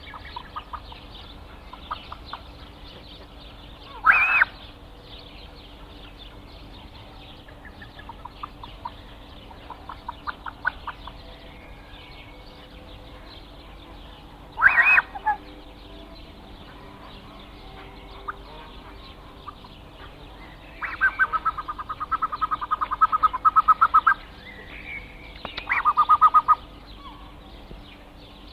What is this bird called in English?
Blue-winged Goose